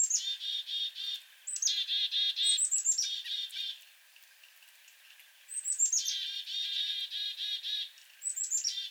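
Black-capped chickadee giving several calls, each opening with thin high descending notes and continuing into a rapid string of rough buzzy dees, with a pause midway.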